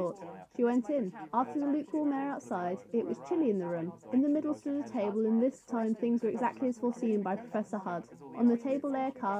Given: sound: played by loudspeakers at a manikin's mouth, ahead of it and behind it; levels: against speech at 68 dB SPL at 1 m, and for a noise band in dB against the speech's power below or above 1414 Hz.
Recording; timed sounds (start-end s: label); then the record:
test signals for a remote microphone
0.00-9.40 s: woman speaking, babble ahead at +6 dB SNR for speech at 1 m
From the record:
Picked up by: measurement microphone